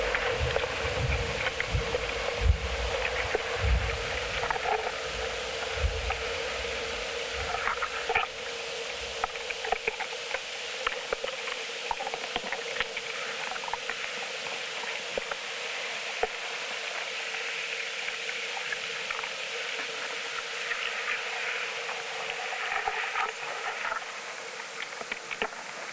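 Hidden sounds of a coastal dunescape: a steady, dense hiss fills the upper range throughout, with no low end beneath it. Countless tiny ticks and crackles scatter across it, and soft low thumps and rumbles come and go during the first seven seconds.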